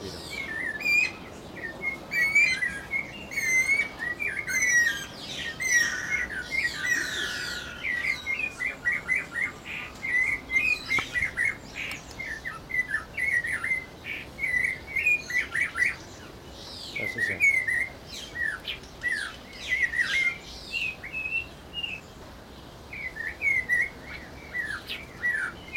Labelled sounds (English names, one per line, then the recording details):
Snowy-crowned Robin-Chat
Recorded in captivity
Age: adult
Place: Zoo Berlin, Berlin, DE
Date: 1992-05-09 11:40
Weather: wolkig, 11-14°C
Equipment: Nagra SN, Mikrofon AKG CK 8, Kopie Tesla B 116
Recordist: Tembrock, Günter